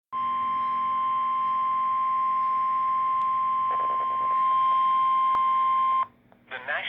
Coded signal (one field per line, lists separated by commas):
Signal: Emergency Alert System (SAME) tones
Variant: 1050 Hz attention tone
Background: speech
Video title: EAS Special Marine Warning (3/28/21)